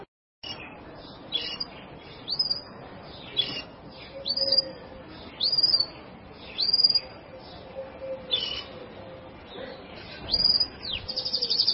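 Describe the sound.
Bird song: clear, high whistled notes that rise and then drop, repeated at intervals, with fainter chirps.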